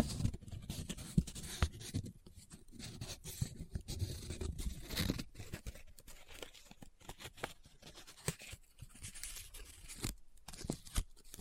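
Paper being handled close up: crinkling, rubbing and scratching in quick, irregular bursts with short gaps of near silence. The first five seconds carry a fuller, lower rustle under the crisp crackles, then the sound thins to sharper, brighter scratches and crinkles.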